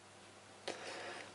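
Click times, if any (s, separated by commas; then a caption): 0.7 s. After the blocking part is cut away, a screwdriver levers the small metal selector tag inside the frame of a VFC Walther PPQ M2 airsoft pistol up into its new position. A single sharp little click at 0.7 s stands out over a steady low background hiss. The tag seats in place, letting the pistol fire full auto.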